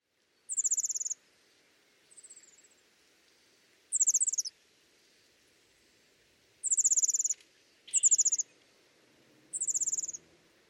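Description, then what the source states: Superb Fairywren calls: very high, thin, fast trilled bursts, about six in all, each under a second long and spaced irregularly, over a quiet background. Small social groups of a male, a female and offspring moving through denser shrubbery in an urban park in Melbourne, Australia; usually heard before seen.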